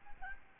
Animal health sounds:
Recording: mosquito wingbeat signal from an infrared sensor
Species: Aedes albopictus

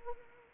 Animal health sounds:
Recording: mosquito wingbeat signal from an infrared sensor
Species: Anopheles arabiensis

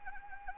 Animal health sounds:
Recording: mosquito wingbeat signal from an infrared sensor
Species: Anopheles arabiensis

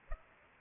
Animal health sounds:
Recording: mosquito wingbeat signal from an infrared sensor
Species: Culex pipiens

